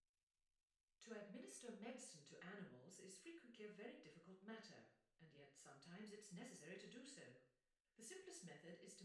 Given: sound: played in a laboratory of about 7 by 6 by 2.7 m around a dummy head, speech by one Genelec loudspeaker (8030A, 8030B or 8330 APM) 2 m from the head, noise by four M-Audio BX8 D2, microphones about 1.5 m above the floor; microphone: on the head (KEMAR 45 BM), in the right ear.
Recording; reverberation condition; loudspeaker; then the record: female speech in English; medium; 30 degrees to the left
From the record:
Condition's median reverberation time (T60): about 510 ms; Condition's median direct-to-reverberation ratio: about -0.5 dB